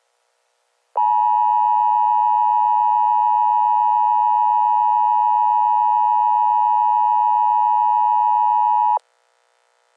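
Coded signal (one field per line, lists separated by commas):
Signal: Emergency Alert System (SAME) tones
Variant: 853 and 960 Hz attention tone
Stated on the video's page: Fictional EAS scenario based on a game, not a real alert.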